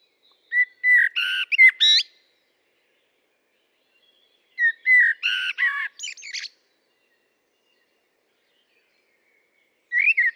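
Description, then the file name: Common blackbird singing two full phrases of mellow whistles and chattering high notes, with a third phrase beginning at the end. "Turdus merula"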